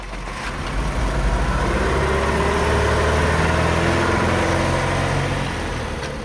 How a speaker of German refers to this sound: bis eben jener Henry Sand zwei Tage später in seinem Wagen vorfuhr